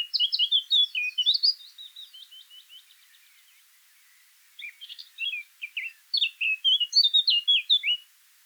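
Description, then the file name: Eurasian blackcap song with rapid tumbling chirps fading into soft chatter, then a second lively phrase of clear slurred notes after a short pause. "Sylvia atricapilla"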